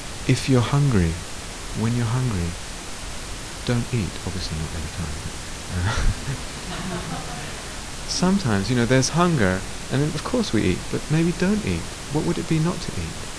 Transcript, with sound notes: "If you're hungry, when you're hungry, don't eat." Obviously not every time, but. [laughter] Sometimes there's hunger and of course we eat, but maybe don't eat. What would it be not to eat?